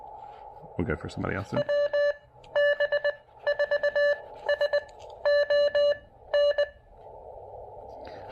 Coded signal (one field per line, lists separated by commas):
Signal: Morse code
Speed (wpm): 22 wpm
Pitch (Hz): 580 Hz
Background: speech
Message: WB4SON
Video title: Pairing the Elecraft KX2 and AX1 with a little QRP Coffee for some proper portable POTA fun!